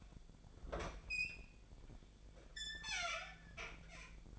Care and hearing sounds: daily activity, microphone in the room; open fridge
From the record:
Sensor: 5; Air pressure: 1009.8 hPa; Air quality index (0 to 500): 161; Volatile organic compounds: 4 ppm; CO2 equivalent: 1563 ppm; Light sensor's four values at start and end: 112/289/120/127 and 113/290/120/128

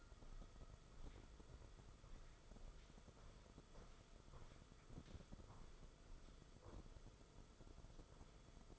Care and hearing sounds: daily activity, microphone in the room; walk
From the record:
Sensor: 5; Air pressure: 994.5 hPa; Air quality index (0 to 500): 177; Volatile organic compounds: 833 ppm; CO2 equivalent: 5157 ppm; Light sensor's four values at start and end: 12/29/12/13 and 11/28/11/12

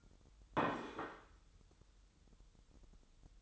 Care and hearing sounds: daily activity, microphone in the room; place plate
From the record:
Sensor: 3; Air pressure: 988.6 hPa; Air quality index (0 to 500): 198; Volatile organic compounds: 336 ppm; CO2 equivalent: 4556 ppm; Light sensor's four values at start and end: 22/71/30/25 and 22/71/30/25

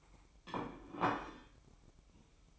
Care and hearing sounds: daily activity, microphone in the room; place plate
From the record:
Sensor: 1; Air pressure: 1007.5 hPa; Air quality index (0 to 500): 77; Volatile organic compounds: 1 ppm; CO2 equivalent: 669 ppm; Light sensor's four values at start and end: 8/18/7/8 and 8/18/7/8

